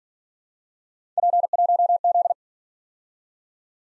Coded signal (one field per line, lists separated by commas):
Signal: Morse code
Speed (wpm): 47 wpm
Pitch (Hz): 700 Hz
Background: none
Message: P1Z